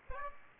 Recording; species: mosquito wingbeat signal from an infrared sensor; Aedes aegypti